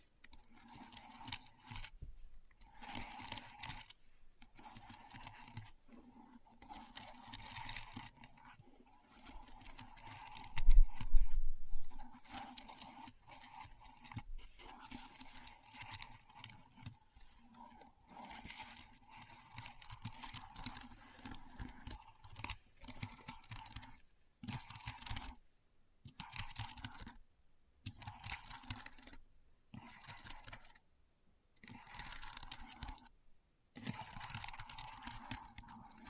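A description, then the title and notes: Keyboard typing in quick bursts of soft, clicky taps, broken by short silent pauses every few seconds. The clatter is dense and bright within each burst, with a steady low hum underneath. Around eleven seconds a louder thump stands out. ASMR Keyboard Sounds (No Talking).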